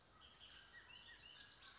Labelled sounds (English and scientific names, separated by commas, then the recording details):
Bullock's Oriole (Icterus bullockii)
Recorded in Sonoma County, California